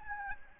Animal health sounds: mosquito wingbeat signal from an infrared sensor; Aedes albopictus

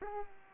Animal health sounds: mosquito wingbeat signal from an infrared sensor; Culex pipiens

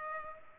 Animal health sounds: mosquito wingbeat signal from an infrared sensor; Culex pipiens

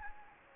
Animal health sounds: mosquito wingbeat signal from an infrared sensor; Anopheles gambiae

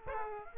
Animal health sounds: mosquito wingbeat signal from an infrared sensor; Aedes aegypti

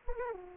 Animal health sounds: mosquito wingbeat signal from an infrared sensor; Anopheles arabiensis

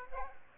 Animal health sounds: mosquito wingbeat signal from an infrared sensor; Aedes aegypti

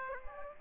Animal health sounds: mosquito wingbeat signal from an infrared sensor; Aedes aegypti

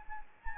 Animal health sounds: mosquito wingbeat signal from an infrared sensor; Anopheles arabiensis

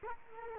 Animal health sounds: mosquito wingbeat signal from an infrared sensor; Culex quinquefasciatus

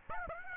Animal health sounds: mosquito wingbeat signal from an infrared sensor; Aedes aegypti

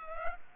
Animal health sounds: mosquito wingbeat signal from an infrared sensor; Culex pipiens

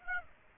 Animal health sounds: mosquito wingbeat signal from an infrared sensor; Aedes aegypti

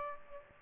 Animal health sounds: mosquito wingbeat signal from an infrared sensor; Aedes aegypti

